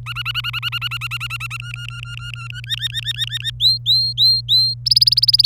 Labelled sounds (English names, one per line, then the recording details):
Domestic Canary song
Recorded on 27 April 2018 at 15:02
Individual llb3